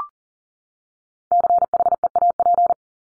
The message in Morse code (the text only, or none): CHEAP